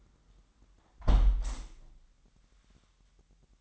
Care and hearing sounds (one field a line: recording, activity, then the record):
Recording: daily activity, microphone in the room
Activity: close window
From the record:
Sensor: 3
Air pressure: 998.6 hPa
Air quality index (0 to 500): 149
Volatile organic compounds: 5 ppm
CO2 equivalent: 1798 ppm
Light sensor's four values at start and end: 11/26/11/12 and 10/25/10/11